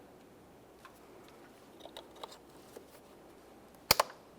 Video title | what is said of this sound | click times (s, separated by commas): How to Replace Mass Air Flow Sensor 1998-2011 Ford Ranger (2.3L L4) | Listen for a click from that. | 3.9 s